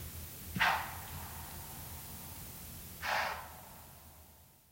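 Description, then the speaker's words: White-tailed deer snorts: two airy, breathy exhalations about two and a half seconds apart. Alarmed deer expelling air with great intensity, producing loud, airy snorts at night. "When alarmed, deer expel air with great intensity, producing loud, airy snorts that echo across the nighttime landscape."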